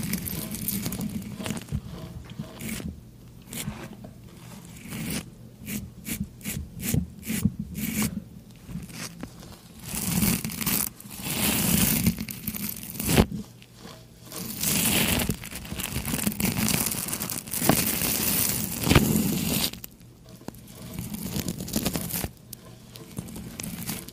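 A shave, the razor scraping across stubble in quick, rasping strokes. Bursts of short repeated strokes come in runs, especially around 3–8 seconds, with longer dragging passes between and brief pauses where only a faint low hum remains.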